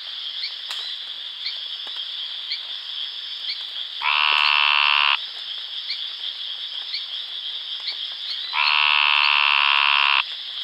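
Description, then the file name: Brongersma's snouted treefrog gives two rasping, buzzy calls several seconds apart, each a second or more long, above a steady chorus of rapid high-pitched pulses. "Scinax proboscideus"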